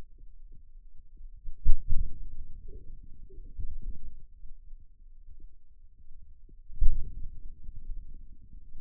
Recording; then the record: forearm muscle sounds (acoustic myography)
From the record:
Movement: outward rotation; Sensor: system 2, bracelet of six BSWA MPA416 microphones around the upper forearm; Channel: 2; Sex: male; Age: 22 years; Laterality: right